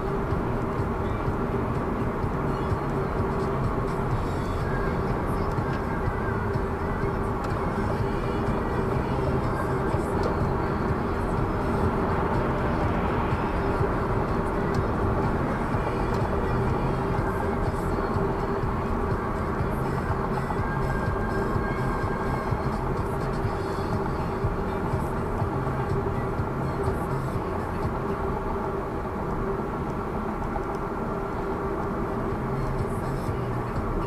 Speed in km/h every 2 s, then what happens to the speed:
94, 97, 95, 93, 96, 97, 95, 97, 94, 92, 90, 88, 85, 85, 83, 84, 84.
0-14 steady at about 95. 14-24 slows to 85. 24-34 steady at about 84.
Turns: none.